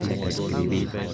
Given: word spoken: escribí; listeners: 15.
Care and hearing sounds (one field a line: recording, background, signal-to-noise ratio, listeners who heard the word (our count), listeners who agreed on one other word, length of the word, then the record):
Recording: one Spanish word in noise, from a listening test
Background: eight-talker babble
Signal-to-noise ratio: -1.8 dB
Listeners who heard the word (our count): 1 of 15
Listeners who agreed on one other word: 8 of 15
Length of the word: 0.74 s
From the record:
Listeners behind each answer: 8, 1, 1, 1, 1, 1, 1, 1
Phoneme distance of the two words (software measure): 7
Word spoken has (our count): 3 syllables, 7 phonemes, stress on syllable 3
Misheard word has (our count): 3 syllables, 8 phonemes, stress on syllable 3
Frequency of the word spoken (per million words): 7.29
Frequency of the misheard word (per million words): 70.53